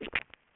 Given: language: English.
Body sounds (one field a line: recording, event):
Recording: throat vibration sensor signal played as sound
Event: swallow